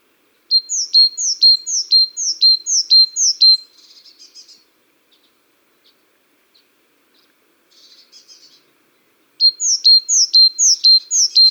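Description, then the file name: Great tit song: a run of about seven rhythmic two-note phrases, soft scratchy notes during a pause, then another run of repeated phrases. "Parus major"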